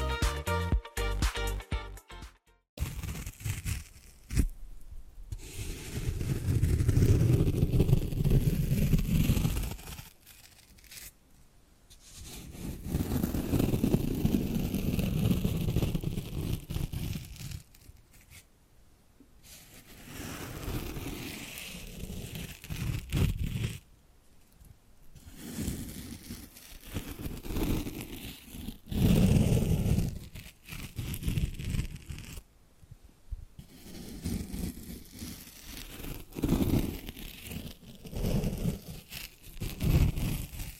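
Tapping and scratching sounds come in long rubbing stretches, mostly low and soft, swelling and fading with brief quiet gaps around 3, 11, 20 and 33 seconds. Short crinkly, papery scratches and taps break in irregularly, with a faint hiss underneath.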